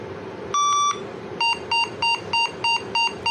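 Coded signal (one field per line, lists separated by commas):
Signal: beep code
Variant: AMI BIOS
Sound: one long beep, then a run of seven quick short beeps, cut off at the end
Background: room hum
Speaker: If this is a 1 long and 8 short, anyways, 8 short is video problem, which is weird. I mean, the video card is not plugged in.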